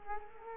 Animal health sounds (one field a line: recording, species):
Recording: mosquito wingbeat signal from an infrared sensor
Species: Culex quinquefasciatus